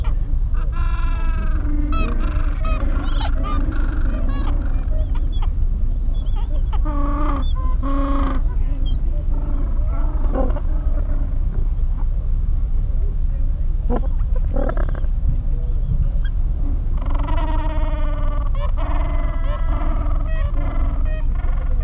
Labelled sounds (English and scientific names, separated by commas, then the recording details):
Gentoo Penguin (Pygoscelis papua)
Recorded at the colony at Neko Harbor, Antarctica, on 26 January 2015
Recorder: Song Meter SM2+